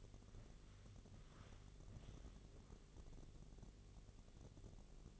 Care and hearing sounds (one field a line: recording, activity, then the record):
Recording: daily activity, microphone in the room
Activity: walk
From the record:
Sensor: 4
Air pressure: 1001.3 hPa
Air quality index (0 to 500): 175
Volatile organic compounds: 2 ppm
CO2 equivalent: 1259 ppm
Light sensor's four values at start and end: 14/31/13/13 and 14/31/13/13